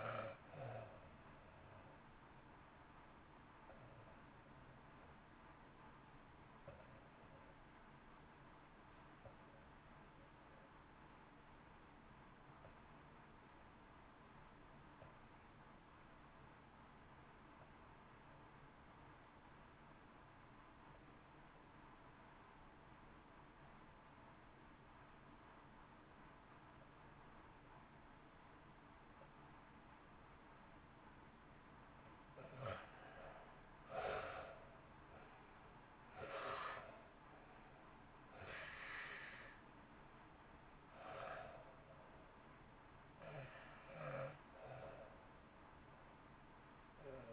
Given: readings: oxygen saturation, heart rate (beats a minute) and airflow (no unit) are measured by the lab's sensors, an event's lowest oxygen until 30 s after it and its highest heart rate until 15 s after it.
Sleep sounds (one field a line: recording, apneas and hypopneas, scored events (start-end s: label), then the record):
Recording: breathing in sleep by a voice recorder at the bedside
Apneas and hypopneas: 1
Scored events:
9.00-32.30 s: obstructive apnea (REM, oxygen 91% highest, then 68% lowest, heart rate 53 at the start, 69 highest)
24.00-47.33 s: new sleep stage, N1 (lightest sleep)
From the record:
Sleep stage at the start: REM sleep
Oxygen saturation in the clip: 71 to 91%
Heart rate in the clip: 53 to 69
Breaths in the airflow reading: 4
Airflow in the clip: -1.4 to 2.0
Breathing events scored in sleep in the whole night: 328 in 6.3 hours asleep